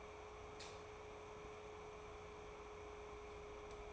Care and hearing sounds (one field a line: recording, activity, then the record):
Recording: daily activity, microphone in the room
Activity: light off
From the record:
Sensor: 1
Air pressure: 1010.2 hPa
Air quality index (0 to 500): 172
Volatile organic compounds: 12 ppm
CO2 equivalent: 2370 ppm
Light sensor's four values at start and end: 56/149/61/75 and 53/137/56/71